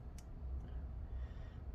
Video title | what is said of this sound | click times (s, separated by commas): Samsung Galaxy S22 Ultra Note Disassembly Camera Cameras Speaker Charge Port Replacement Repair | okay line that up click that one in | 0.2 s